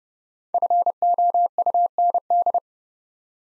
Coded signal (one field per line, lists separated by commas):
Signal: Morse code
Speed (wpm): 30 wpm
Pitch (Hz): 700 Hz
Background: none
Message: FOUND